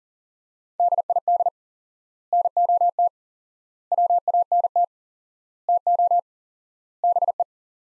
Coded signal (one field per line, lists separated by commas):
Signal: Morse code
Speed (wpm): 40 wpm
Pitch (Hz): 700 Hz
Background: none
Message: DID NOT WANT TO BE